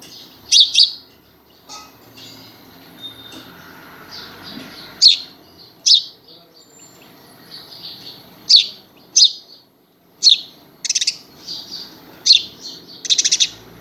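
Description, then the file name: House sparrow chirps: irregular scattered single and doubled sharp chirps throughout, growing busier toward the end, with faint low background noise. "Passer domesticus"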